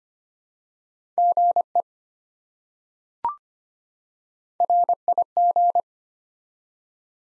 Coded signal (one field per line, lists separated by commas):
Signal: Morse code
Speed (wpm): 25 wpm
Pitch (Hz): 700 Hz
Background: none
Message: GE RIG